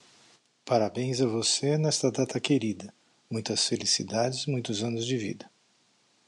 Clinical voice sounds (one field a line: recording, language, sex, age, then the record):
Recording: short text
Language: Brazilian Portuguese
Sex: male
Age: 50 to 59 years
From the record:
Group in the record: control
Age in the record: 56 years